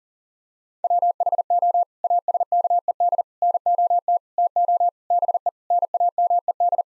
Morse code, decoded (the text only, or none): WHO ASKED NOT TO BE NAMED